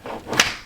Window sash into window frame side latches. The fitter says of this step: clicks in place.